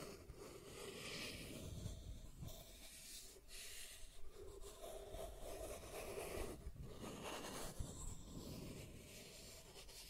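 Scratching and tracing sounds rub along continuously for the full ten seconds, a dense, uneven rasp with no clear gaps. Brief brighter scrapes flare up around the 2.5, 3.5 and 6.7 second marks, over a steady low rumble underneath.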